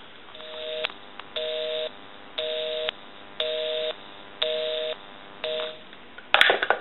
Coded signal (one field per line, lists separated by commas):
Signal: telephone call progress tone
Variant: North America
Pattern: busy tone